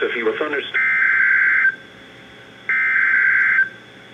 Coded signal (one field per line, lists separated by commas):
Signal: Emergency Alert System (SAME) tones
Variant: header bursts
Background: speech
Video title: Severe Thunderstorm Warning (EAS #1,800-1,802) - 6/7/18